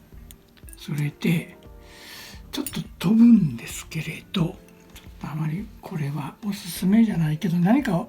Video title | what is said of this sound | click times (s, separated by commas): CAT REPLICA PART-7 (ASSEMBLE STEP 26-30) | enter It hear a click | 0.3 s